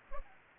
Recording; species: mosquito wingbeat signal from an infrared sensor; Culex pipiens